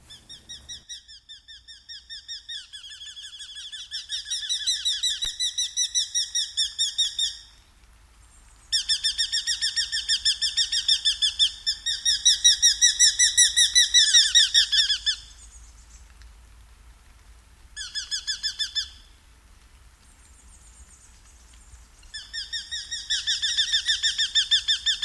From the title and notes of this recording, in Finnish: Viikon luontoääni: Nuolihaukka.